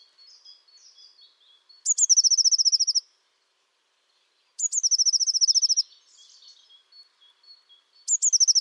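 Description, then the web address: Bird song: bright high trills of rapid repeated notes, each opened by a sharp rising note, given three times with soft chatter between. "Deverinetal 2025. Bird Only"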